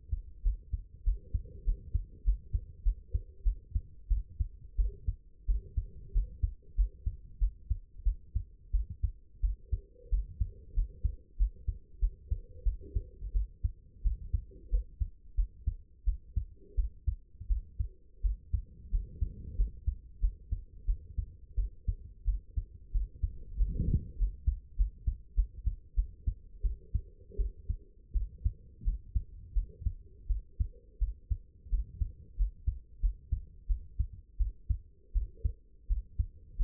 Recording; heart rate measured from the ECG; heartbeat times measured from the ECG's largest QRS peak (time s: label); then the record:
heart sounds by stethoscope; 90 bpm
0.43 s: heartbeat
1.04 s: heartbeat
1.65 s: heartbeat
2.24 s: heartbeat
2.83 s: heartbeat
3.44 s: heartbeat
4.09 s: heartbeat
4.77 s: heartbeat
5.46 s: heartbeat
6.13 s: heartbeat
6.76 s: heartbeat
7.39 s: heartbeat
8.04 s: heartbeat
8.72 s: heartbeat
9.41 s: heartbeat
10.10 s: heartbeat
10.74 s: heartbeat
11.37 s: heartbeat
12.00 s: heartbeat
12.64 s: heartbeat
13.33 s: heartbeat
14.03 s: heartbeat
14.70 s: heartbeat
15.36 s: heartbeat
16.05 s: heartbeat
16.76 s: heartbeat
17.48 s: heartbeat
18.22 s: heartbeat
18.91 s: heartbeat
19.56 s: heartbeat
20.20 s: heartbeat
20.86 s: heartbeat
21.56 s: heartbeat
22.25 s: heartbeat
22.92 s: heartbeat
23.57 s: heartbeat
24.17 s: heartbeat
24.76 s: heartbeat
25.35 s: heartbeat
25.95 s: heartbeat
26.62 s: heartbeat
27.37 s: heartbeat
28.13 s: heartbeat
28.84 s: heartbeat
29.54 s: heartbeat
30.28 s: heartbeat
30.99 s: heartbeat
31.70 s: heartbeat
32.37 s: heartbeat
33.01 s: heartbeat
33.67 s: heartbeat
34.38 s: heartbeat
35.13 s: heartbeat
35.88 s: heartbeat
36.57 s: heartbeat
From the record:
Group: healthy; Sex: female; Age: 22 years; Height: 161 cm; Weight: 65.5 kg